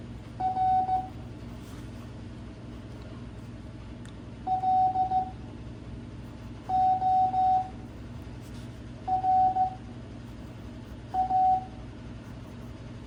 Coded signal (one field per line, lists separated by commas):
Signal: Morse code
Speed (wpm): 15 wpm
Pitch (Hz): 750 Hz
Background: none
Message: R L O R A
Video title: Learning Morse Code (CW) 5 wpm - part 5